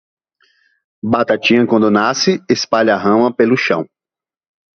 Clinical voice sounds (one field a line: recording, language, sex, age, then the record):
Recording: short text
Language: Brazilian Portuguese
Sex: male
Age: 40 to 49 years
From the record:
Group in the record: control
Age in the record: 40 years